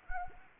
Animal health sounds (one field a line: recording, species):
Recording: mosquito wingbeat signal from an infrared sensor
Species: Anopheles arabiensis